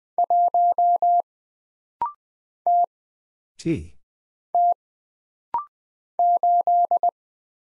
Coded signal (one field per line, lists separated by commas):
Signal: Morse code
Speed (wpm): 20 wpm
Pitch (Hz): 700 Hz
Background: none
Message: 1 T T 8